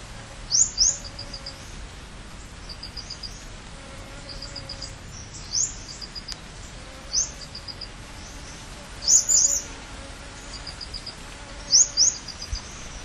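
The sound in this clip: Camiguin hanging parrot calls: sharp, very high squeaky notes in short clusters every few seconds, separated by quieter high ticking, with steady background hiss.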